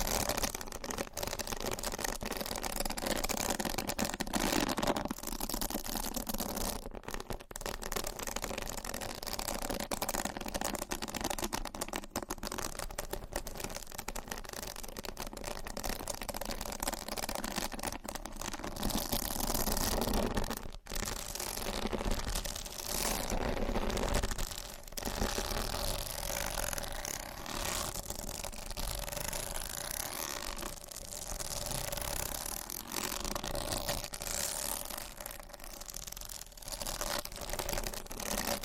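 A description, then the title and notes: Dense, continuous scratching and rubbing with quick irregular taps throughout, fairly bright, with brief dropouts near seven and twenty seconds. ASMR Scratching , Tapping & Massage with DIFFERENT Mics , Items & Nails No Talking.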